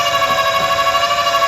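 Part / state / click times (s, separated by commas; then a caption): foot pad onto trailer jack leg / not seated / none. An electric trailer jack lowers the trailer so the foot pad drops onto the jack leg, with a steady motor whine and constant tonal hum and no sharp transients. The foot pad does not sit where intended and nothing has seated or clicked yet, so the jack is to be raised back.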